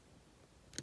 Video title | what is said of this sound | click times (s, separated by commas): Vintage Parkers Brothers "Construction Company" building toy set 1985 use screwdriver to build a car | you hear a click | 0.8 s